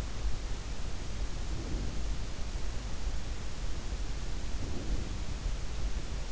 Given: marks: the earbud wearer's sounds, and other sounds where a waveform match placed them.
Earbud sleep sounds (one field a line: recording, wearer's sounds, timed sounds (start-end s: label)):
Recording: sounds in sleep by an in-ear microphone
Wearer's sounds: breath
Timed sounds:
1.25-2.43 s: breath
4.32-5.51 s: breath